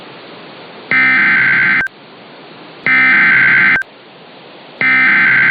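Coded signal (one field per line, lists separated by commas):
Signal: Emergency Alert System (SAME) tones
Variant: header bursts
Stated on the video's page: Recreated severe thunderstorm warning for Lancaster PA over weather radio station.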